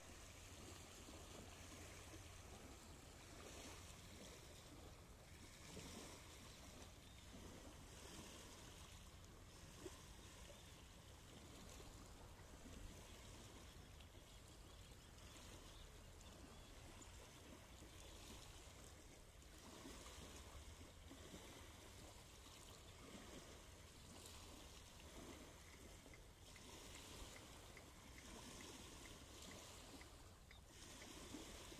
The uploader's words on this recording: Rio de la plata. Sonido de agua.